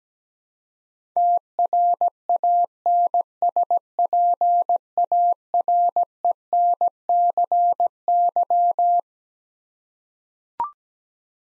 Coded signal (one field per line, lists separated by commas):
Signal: Morse code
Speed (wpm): 17 wpm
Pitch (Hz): 700 Hz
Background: none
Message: TRANSPARENCY